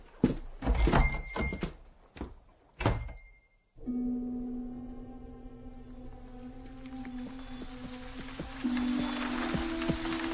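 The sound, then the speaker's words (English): Heavy, irregular hoof thuds and clops of horses being urged on pound at first, then give way to a steady rain-like hiss, rain that followed bursts of sleet, with a low droning hum and scattered faint knocks. No one speaks. “I set my face against the rain and urge my horses on.”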